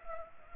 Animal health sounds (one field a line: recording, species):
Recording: mosquito wingbeat signal from an infrared sensor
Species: Culex pipiens